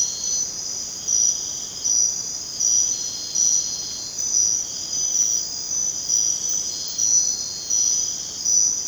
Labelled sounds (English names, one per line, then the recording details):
none
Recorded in dense forest near Puerto Asís, Putumayo, Colombia, on 19 June 2025 at 22:00
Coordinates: 0.484, -76.317
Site G045